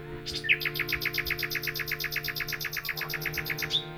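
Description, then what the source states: Common nightingale song, a fast run of evenly repeated clicking notes lasting several seconds, over a steady low hum and faint background tones. Nightingale singing in collaboration with musicians.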